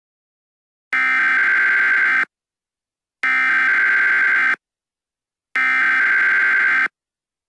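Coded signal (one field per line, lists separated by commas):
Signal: Emergency Alert System (SAME) tones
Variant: header bursts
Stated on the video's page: Fictional World War III EAS scenario with Emergency Action Notification and Presidential Alert; not real.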